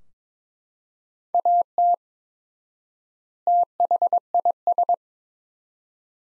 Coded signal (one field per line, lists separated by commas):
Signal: Morse code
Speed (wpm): 21 wpm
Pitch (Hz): 700 Hz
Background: none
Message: AT THIS